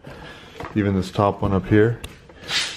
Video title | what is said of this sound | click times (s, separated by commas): E90 BMW Leak Detection Pump DIY | we didn't get that click so it backed off | none